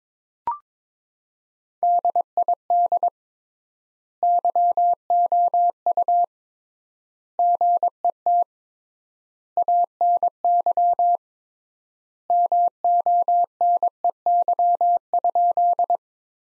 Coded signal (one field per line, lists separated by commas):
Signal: Morse code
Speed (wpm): 22 wpm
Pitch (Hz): 700 Hz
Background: none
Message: DID YOU GET ANY MONEY?